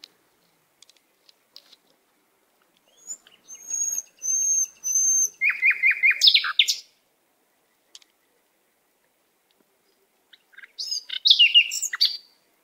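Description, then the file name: Canary singing high, repeated whistled notes and a quick trill, then a rapid buzzy rattle; after a pause, another bright warbling phrase. "Canary Voice"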